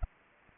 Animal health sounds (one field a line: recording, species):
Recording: mosquito wingbeat signal from an infrared sensor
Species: Anopheles arabiensis